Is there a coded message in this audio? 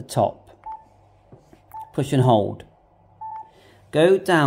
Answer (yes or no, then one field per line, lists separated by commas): no